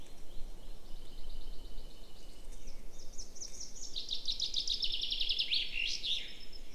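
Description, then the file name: Common chaffinch song: soft introductory notes, then a loud descending trill ending in an emphatic flourish, against a constant low rumble. "Fringilla coelebs"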